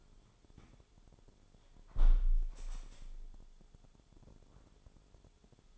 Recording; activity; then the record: daily activity, microphone in the room; close window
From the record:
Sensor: 5